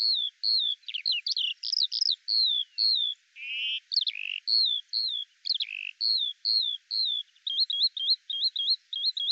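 Eurasian skylark song: a mix of sweet whistled slurs, brief harsh buzzes and a closing run of rolling, wavering notes, all high and continuous.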